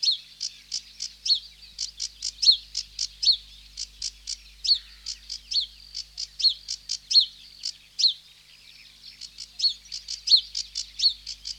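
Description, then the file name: Sedge warbler song: quick phrases of ticking, chattering notes broken by sliding downslurred whistles, with a brief pause near the eighth second. "Sedge Warbler (Acrocephalus schoenobaenus)"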